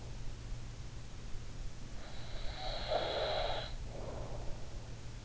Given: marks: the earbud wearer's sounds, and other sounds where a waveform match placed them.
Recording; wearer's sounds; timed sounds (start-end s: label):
sounds in sleep by an in-ear microphone; snoring breath
2.59-4.73 s: snoring breath